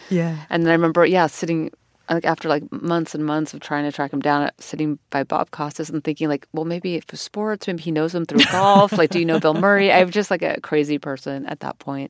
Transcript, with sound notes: And then I remember - yeah - sitting - like, after, like, months and months of trying to track him down, sitting by Bob Costas and thinking like, well, maybe if - sports. Maybe he knows him through golf.
(Laughter).
Like, do you know Bill Murray? I was just, like, a crazy person at that point.